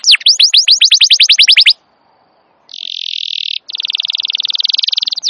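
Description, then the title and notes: Atlantic canary song: a rapid run of rising whistled upsweeps for almost two seconds, a brief pause, then a buzzy sustained trill and a fast pulsing rattle. Wild canary song, described as long, vigorous continuous singing, used as a master recording to lure or train canaries. "Pikat Kenari GACOR PANJANG INI Cocok Untuk Masteran KENARI LIAR. Masteran burung kenari gacor parah"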